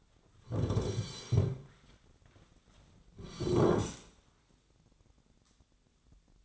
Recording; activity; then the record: daily activity, microphone in the room; sit down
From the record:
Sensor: 3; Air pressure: 1009.2 hPa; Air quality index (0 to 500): 181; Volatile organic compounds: 3 ppm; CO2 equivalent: 1468 ppm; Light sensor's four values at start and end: 26/64/29/31 and 47/121/53/54